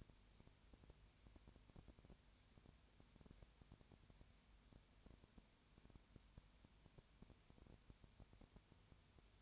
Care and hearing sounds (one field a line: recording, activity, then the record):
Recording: daily activity, microphone in the room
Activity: no activity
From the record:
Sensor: 2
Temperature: 20.4 degrees Celsius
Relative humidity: 35.5%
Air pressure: 1007.1 hPa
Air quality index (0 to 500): 122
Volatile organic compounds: 2 ppm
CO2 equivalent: 1253 ppm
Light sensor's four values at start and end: 2/3/2/2 and 2/3/2/2